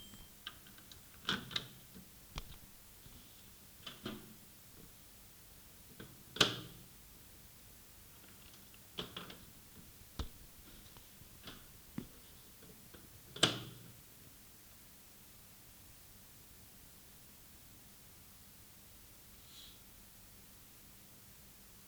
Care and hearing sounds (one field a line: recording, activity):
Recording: daily activity, guitar pickup as the sensor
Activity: use microwave